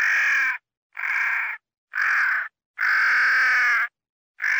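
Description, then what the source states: Crow giving harsh, hoarse caws, five in a row roughly a second apart, the fourth drawn out longer than the rest. Crows fighting.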